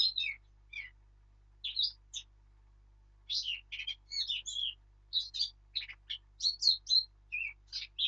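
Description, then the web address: Eurasian blackcap singing a scratchy, varied warble, opening with scattered notes and building into a dense run of quick chattering and whistled phrases. "birdsong Sylvia atricapilla"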